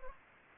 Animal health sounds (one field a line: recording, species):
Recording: mosquito wingbeat signal from an infrared sensor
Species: Anopheles gambiae